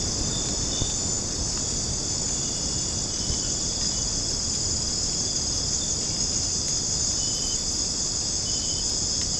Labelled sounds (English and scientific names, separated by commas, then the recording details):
none
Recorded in secondary vegetation near Puerto Asís, Putumayo, Colombia, on 9 March 2025 at 01:30
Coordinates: 0.481, -76.318
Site G097